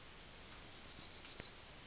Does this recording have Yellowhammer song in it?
yes